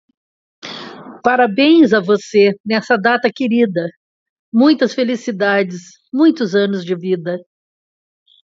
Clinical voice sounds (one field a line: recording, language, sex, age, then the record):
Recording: short text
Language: Brazilian Portuguese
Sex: female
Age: 60 to 69 years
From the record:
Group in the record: control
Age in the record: 62 years